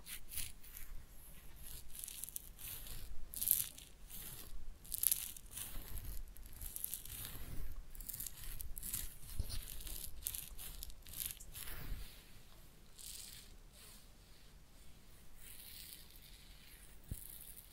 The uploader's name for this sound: Real Head Massage and Ear Cleaning